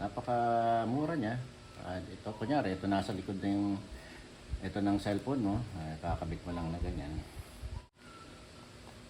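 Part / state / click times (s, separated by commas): phone-back mount plate into push-lock phone holder / not seated / none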